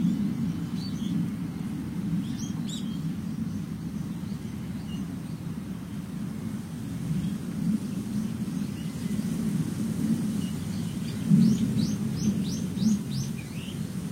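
Wind moves through fallen leaves in a steady low rustle and rumble that runs the whole time, swelling slightly around eleven to twelve seconds. Birds chirp above it, a couple of calls near two to three seconds and a quick series of bright chirps near eleven to thirteen seconds.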